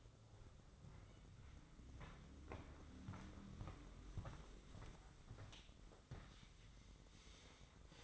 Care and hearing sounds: daily activity, microphone in the room; walk to room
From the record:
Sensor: 3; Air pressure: 995.5 hPa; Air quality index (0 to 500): 84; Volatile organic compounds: 7 ppm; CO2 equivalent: 2038 ppm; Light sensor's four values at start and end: 27/82/34/29 and 26/80/34/29

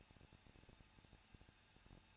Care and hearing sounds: daily activity, microphone in the room; no activity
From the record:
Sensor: 2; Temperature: 21.0 degrees Celsius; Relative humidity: 37.4%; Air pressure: 1006.1 hPa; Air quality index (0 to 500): 222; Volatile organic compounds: 24 ppm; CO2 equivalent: 2812 ppm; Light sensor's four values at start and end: 2/3/2/2 and 2/3/2/2

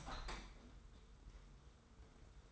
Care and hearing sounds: daily activity, microphone in the room; open window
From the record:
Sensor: 3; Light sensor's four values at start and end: 32/75/30/29 and 33/77/31/30

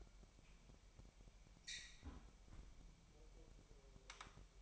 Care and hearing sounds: daily activity, microphone in the room; close fridge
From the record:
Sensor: 1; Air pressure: 1002.0 hPa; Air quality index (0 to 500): 244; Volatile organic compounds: 50 ppm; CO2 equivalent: 3296 ppm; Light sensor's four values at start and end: 8/28/10/11 and 8/28/10/11

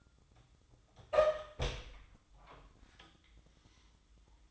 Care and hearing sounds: daily activity, microphone in the room; open door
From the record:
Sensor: 3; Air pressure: 1004.9 hPa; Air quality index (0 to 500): 76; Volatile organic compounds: 2 ppm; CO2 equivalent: 1156 ppm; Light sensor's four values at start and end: 8/19/8/7 and 8/19/8/7

